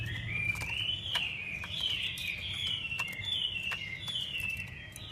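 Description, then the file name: Chinese hwamei: continuous rising and falling warbled whistles with scattered clicks. Female hwamei calls used to stimulate a male. "Tieng chim hoa mi mai kich trong"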